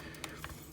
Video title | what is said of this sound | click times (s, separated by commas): Video Review: Transformers: Power of the Primes - Titan Class PREDAKING | so this piece comes down she locks into place and starts filling in that torso for a Predaking | 0.2 s, 0.4 s